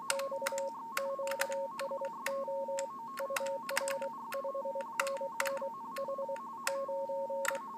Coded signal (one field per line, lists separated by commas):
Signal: RTTY